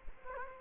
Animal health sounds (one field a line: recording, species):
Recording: mosquito wingbeat signal from an infrared sensor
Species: Culex quinquefasciatus